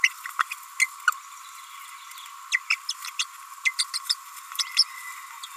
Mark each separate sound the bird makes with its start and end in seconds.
0.03-0.09, 0.40-0.42, 0.81-0.86, 2.52-2.58, 2.70-2.75, 2.88-2.93, 3.04-3.06, 3.19-3.24, 3.65-3.71, 3.79-3.83, 3.94-3.98, 4.09-4.14, 4.58-4.63, 4.76-4.84